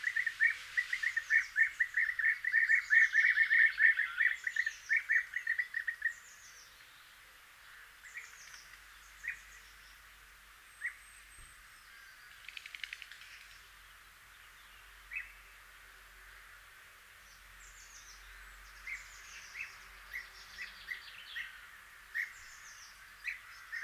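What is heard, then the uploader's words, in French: European bee-eaters call in a dense burst of rolling chirps for six seconds, then scattered short calls continue, with another bird chattering above. Quand les Guêpiers d’Europe (Merops apiaster) reviennent de leurs quartiers d’hiver, fin avril, début mai, ils font des haltes migratoires avant de s’installer. Une petite troupe est passée dans mon village. Guêpier d’Europe.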